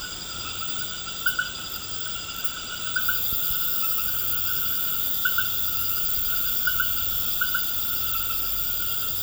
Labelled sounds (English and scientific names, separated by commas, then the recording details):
none
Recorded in pastures near Puerto Asís, Putumayo, Colombia, on 19 March 2025 at 21:00
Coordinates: 0.472, -76.329
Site G074